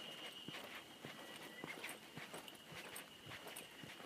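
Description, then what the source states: Ezo harusemi cicada buzzing in a steady high drone, with footsteps crunching and tapping through the whole stretch. Recorded just short of Mount Tanzawa on 1 June 2015.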